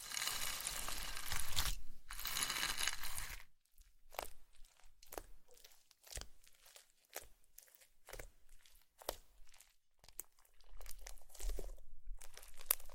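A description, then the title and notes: Slime being handled, opening with about three seconds of dense, continuous crackling and squishing. After a brief pause, the sounds turn sparse: sharp crunchy pops and clicks arrive irregularly, with softer squelches between them, and pick up again toward the end. ASMR Slime - SO Satisfying - ( No Talking).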